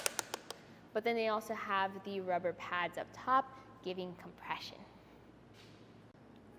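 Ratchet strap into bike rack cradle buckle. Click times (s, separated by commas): 0.1 s, 0.2 s, 0.3 s, 0.5 s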